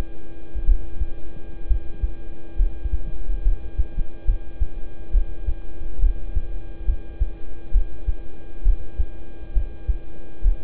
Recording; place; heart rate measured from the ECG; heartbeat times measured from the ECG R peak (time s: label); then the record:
heart sounds by stethoscope; between the tricuspid and mitral areas; 68 bpm
0.64 s: heartbeat
1.67 s: heartbeat
2.56 s: heartbeat
3.42 s: heartbeat
4.25 s: heartbeat
5.11 s: heartbeat
5.99 s: heartbeat
6.85 s: heartbeat
7.71 s: heartbeat
8.63 s: heartbeat
9.53 s: heartbeat
10.42 s: heartbeat
From the record:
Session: rest, lying down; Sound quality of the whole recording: good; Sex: male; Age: 26 years